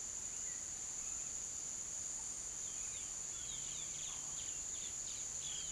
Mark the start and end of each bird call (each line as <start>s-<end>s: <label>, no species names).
0.00s-5.72s: bird call